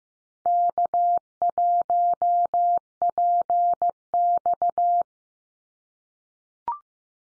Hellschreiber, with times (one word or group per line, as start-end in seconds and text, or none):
none